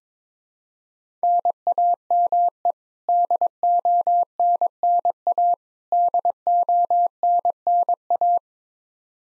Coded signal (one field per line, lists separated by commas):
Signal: Morse code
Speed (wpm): 22 wpm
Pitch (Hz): 700 Hz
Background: none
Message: NAME DONNA DONNA